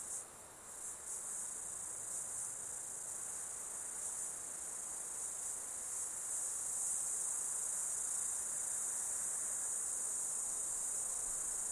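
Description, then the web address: Insect chorus opening with a few quick pulses, then settling into a constant, piercing high buzz that grows a little louder. Insects during an Australian summer, outdoors. "Foundation 1 AMBIENCE AUSTRALIAN SUMMER INSECTS"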